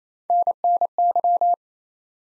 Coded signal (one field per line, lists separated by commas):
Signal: Morse code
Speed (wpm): 28 wpm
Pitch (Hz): 700 Hz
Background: none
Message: NNY